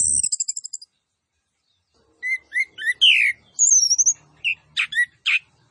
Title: Anis Kembang Gacor. MASTERAN ANIS KEMBANG ISIAN FULL DENGAN TEMBAKAN CILILIN